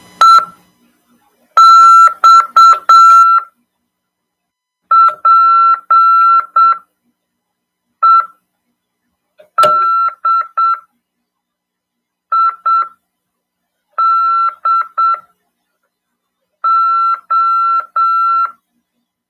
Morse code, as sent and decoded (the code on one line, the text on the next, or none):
. -..- .--. . -.. .. -.. ---
EXPEDIDO